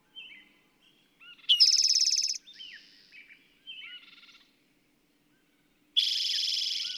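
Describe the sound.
Bird song: a loud high buzzy trill followed by softer twittering and slurred notes, a pause, then another trill begins.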